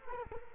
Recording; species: mosquito wingbeat signal from an infrared sensor; Culex quinquefasciatus